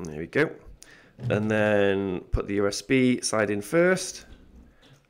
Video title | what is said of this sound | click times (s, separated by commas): $10 bitcoin Hardware Wallet, DIY/FOSS/ESP32/easy build! | um now I've used this a few times so you should hear a little click when you put that together but you know I've done it a few times so it's kind of come a little bit loose | none